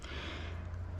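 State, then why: Not seated. A hand handles the metal slide of a Walther Colt Government Model 1911 .22LR pistol, which has stopped short of full battery on the frame because the new slide still needs to break in, and begins pushing it forward into battery. Only a steady low hum and faint handling noise are heard. Nothing has seated or clicked yet.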